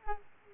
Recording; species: mosquito wingbeat signal from an infrared sensor; Aedes aegypti